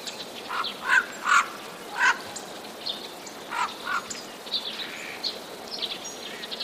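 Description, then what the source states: Eurasian jay giving harsh alarm screeches, three loud rasping bursts in the first two seconds, then two more around three and a half seconds, fading into softer scratchy notes. Recorded 31 March 2013, described as a sparrow warning.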